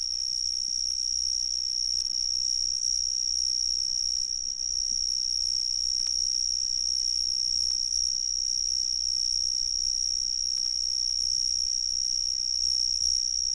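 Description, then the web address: Cicada singing: one high, steady, unbroken whine holds at the same pitch throughout, with a low rumble beneath. "The Ridges Sanctuary. cicadas"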